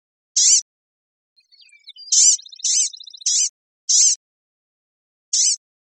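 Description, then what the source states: Blue-grey gnatcatcher, several thin, high nasal calls spaced unevenly, plus one soft buzzy trill after a short pause. Recorded in Costa Rica.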